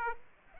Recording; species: mosquito wingbeat signal from an infrared sensor; Aedes aegypti